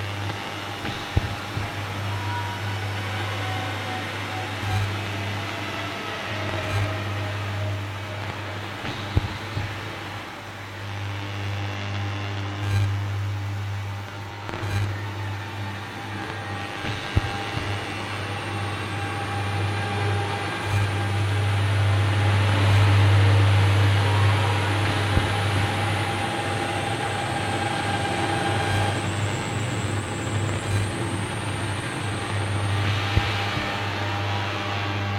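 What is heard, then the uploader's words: Electronic ether noises from a sensing device hum steadily with a loud low drone, crackly clicks, and a thin high whistle gliding near the end. Mixed recordings of an "Soma Ether" device, arranged as song.Only Ether-Sounds, plus FX. The "melodies" are mostly power adapters.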